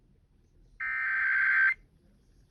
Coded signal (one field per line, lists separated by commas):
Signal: Emergency Alert System (SAME) tones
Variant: header bursts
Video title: A Slight Inconvenience... EAS Alerts from 3/14/24 (EAS #569-613)